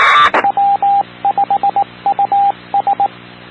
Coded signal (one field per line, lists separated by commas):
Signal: Morse code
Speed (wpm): 18 wpm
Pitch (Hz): 800 Hz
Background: radio noise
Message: W5US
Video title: 2019-05-20 - W5US 146.9400 MHz Skywarn Repeater